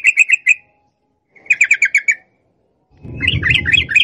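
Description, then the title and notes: Yellow-vented bulbul song in short bursts of five to seven quick chirps, then a warbling phrase over a low, rumbling background noise. Song in the long rapid-series style called ropel panjang, offered as a training (masteran) recording. "Masteran Trucukan Ropel Panjang. Kicau Burung Trucukan"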